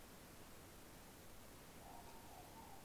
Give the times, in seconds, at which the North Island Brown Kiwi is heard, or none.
none